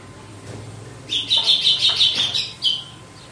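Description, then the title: Red-cowled cardinal giving a rapid, high, chattering trill lasting about a second and a half, closing with one short whistled note. Female; song described as pure, strong, clean and measured açoite style. "Canto Galo Campina Fêmea 02. GALO DE CAMPINA, AÇOITE PURO, FORTE, LIMPO E COMPASSADO"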